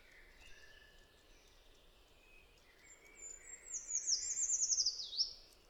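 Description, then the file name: Eurasian treecreeper song arriving late: high, thin lead-in notes, then a fast, falling, slightly rattling trill with a final flick, over faint lower calls of other birds and soft background hiss. "Pelzacz lesny"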